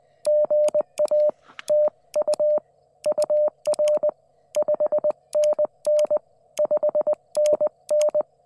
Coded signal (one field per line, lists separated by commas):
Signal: Morse code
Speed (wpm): 20 wpm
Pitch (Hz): 600 Hz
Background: none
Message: GA TU UR 5NN 5NN